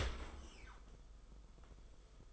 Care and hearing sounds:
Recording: daily activity, microphone in the room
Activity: open dishwasher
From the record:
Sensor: 5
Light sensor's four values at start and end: 37/114/44/47 and 37/113/44/47

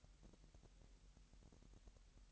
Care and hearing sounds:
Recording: daily activity, microphone in the room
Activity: take from stove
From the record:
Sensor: 3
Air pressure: 1002.0 hPa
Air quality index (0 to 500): 244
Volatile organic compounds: 46 ppm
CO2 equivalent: 3247 ppm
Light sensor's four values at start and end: 6/15/6/6 and 6/15/6/6

